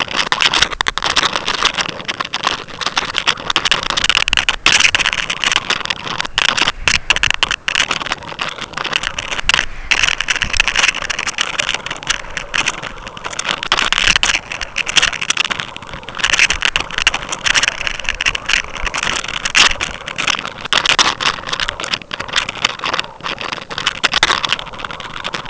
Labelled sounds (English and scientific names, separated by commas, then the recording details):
none
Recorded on Arctic tundra, site UTQI-5, on 12 June 2019
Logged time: 00:00